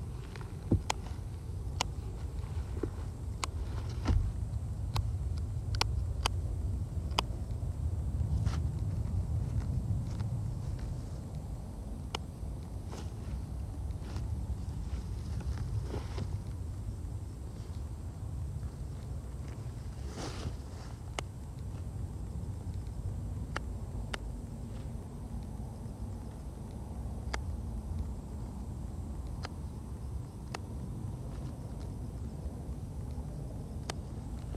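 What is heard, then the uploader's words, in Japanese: Scissors snip weeds at their base among slowly growing carrots, each cut a sharp click arriving irregularly about once a second or two across the clip. A steady low rumble runs underneath throughout, slightly heavier in the first ten seconds. 人参除草 お昼前。ゆっくり育つ人参を、追い越そうとしてくる草を、ハサミで根元を切っていきます。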